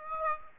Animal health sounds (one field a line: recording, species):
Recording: mosquito wingbeat signal from an infrared sensor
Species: Aedes aegypti